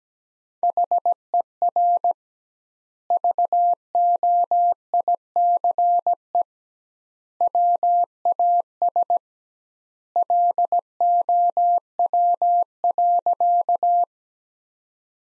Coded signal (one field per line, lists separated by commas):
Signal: Morse code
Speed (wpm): 17 wpm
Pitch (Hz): 700 Hz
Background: none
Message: HER VOICE WAS LOW.